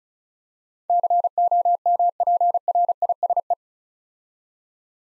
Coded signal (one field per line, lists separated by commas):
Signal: Morse code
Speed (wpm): 36 wpm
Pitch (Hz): 700 Hz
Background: none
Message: COMPRISE